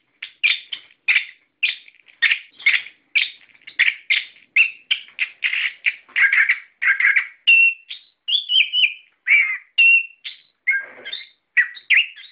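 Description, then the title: Bird chirping steadily, rapid repeated sharp chirps packed closely together, later breaking into varied warbled and whistled phrases. "SuaraBurung Kicau4"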